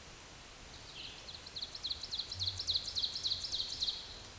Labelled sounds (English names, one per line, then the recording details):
Ovenbird song
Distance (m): 40 m
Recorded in a Pennsylvania forest on 17 May 2023 at 12:40
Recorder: AudioMoth, point grid1_31_low
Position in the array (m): 181 m, 78 m